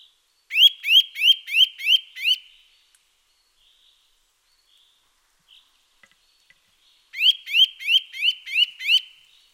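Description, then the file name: Eurasian nuthatch calling in two bursts of about six rising, upslurred whistled notes, each series fast and evenly spaced, separated by several seconds of near silence. "Sitta europaea"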